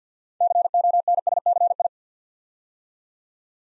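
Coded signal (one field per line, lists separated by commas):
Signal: Morse code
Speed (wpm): 50 wpm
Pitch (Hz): 700 Hz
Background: none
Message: CONSCI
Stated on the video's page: Morse practice sending nine-letter words three letters at a time at 50 wpm, for instant character recognition training.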